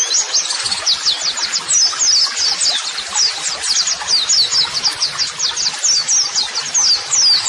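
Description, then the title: White-eye song as a fast, unbroken stream of thin, high chirps and quick slurred notes, busy and overlapping from start to finish. Pleci singing actively ('gacor'), offered as a 'masteran' model song for training birds to answer, and as 'audio terapi'. "Pleci Gacor. JAMIN LANGSUNG NYAUT MASTERAN AUDIO TERAPI PLECI TERBARU"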